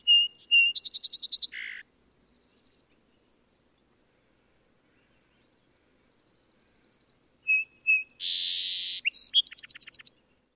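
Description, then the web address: Song sparrow song, two phrases of clear opening notes, fast trills and a buzzy note, separated by several seconds of quiet. Recorded in a backyard in Sitka on 14 May 2012. "20120514 Song Sparrow Sitka backyard"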